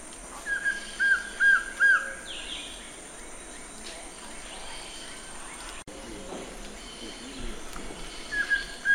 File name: Canto do surucua de coleira